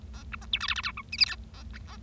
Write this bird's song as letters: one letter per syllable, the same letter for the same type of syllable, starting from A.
A B C D E F F G H I J K A B A